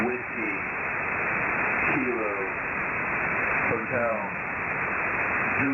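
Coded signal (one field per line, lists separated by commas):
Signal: coded military voice message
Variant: HF-GCS Emergency Action Message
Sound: male voice reading phonetic-alphabet letters and digits through heavy shortwave hiss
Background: radio static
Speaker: All right, so that was another emergency action message that came through from U.S. Air Force.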